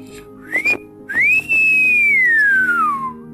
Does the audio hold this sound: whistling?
yes